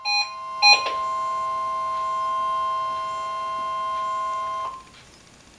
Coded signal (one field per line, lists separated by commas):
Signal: Emergency Alert System (SAME) tones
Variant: 1050 Hz attention tone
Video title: EAS TEST #6